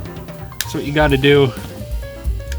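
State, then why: Partly seated. A plastic limb tab is pressed into the body of a Transformers Legacy Motormaster action figure while someone talks. A sharp snap sounds at 0.6 s, and the toy joint clicks at 2.5 s but is only partly seated, not fully home.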